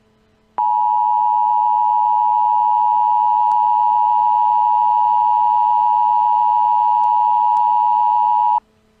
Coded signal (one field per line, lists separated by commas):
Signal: Emergency Alert System (SAME) tones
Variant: 853 and 960 Hz attention tone